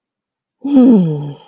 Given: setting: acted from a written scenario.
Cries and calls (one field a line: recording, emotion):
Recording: vocal sound without words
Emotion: contentment